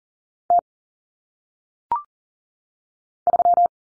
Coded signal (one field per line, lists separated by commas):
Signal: Morse code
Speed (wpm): 40 wpm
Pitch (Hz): 700 Hz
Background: none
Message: T 3